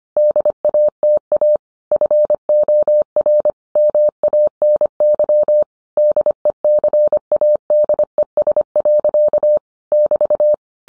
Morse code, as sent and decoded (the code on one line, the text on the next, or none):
-.. .- - .- / ..-. --- .-. / -- .- -. -.-- / -.. . -.-. .- -.. . ... .-.-.- / -...-
DATA FOR MANY DECADES. <BT>